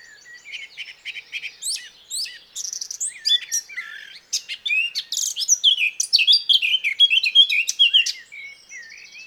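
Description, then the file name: Eurasian blackcap warbling song: a soft, scratchy chatter that swells into loud, varied whistled notes and sharp chirps toward the end. "Sylvia atricapilla"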